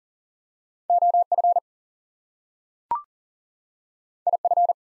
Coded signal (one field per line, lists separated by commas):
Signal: Morse code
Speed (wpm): 40 wpm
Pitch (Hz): 700 Hz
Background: none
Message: OF IF